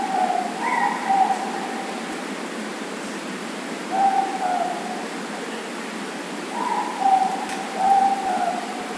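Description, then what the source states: Morepork hooting, two-part hoots repeated several times, over a constant rushing background hiss. Four moreporks calling.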